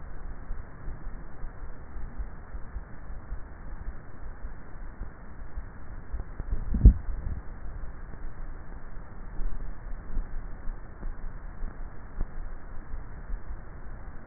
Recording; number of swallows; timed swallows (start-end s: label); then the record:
swallowing sounds by neck microphone; 2
6.45-7.72 s: swallow
9.42-10.35 s: swallow
From the record:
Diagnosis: dysphagia